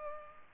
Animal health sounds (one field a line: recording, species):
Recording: mosquito wingbeat signal from an infrared sensor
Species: Culex pipiens